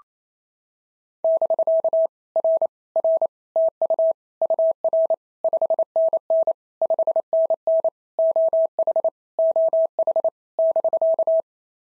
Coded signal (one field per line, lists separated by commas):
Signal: Morse code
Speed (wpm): 28 wpm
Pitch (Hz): 650 Hz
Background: none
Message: <BK> R R TU UR 5NN 5NN OH OH <BK>